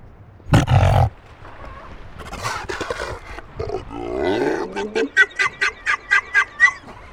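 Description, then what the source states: Seal vocalizations: a loud low roar, then varied growls and a sliding groan, ending in a series of several short pulses. Recorded in winter at Ngawi, a remote place in New Zealand home to a big seal colony.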